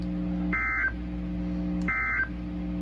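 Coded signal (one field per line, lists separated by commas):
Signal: Emergency Alert System (SAME) tones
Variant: end-of-message bursts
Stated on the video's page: Severe Thunderstorm Watch on the Waco, Texas NOAA Weather Radio transmitter.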